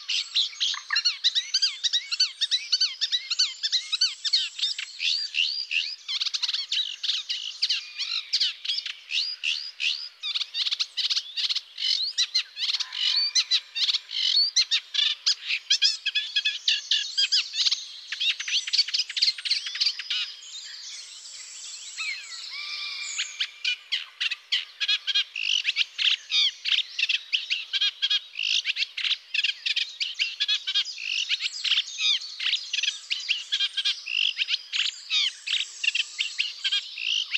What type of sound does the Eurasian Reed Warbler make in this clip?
song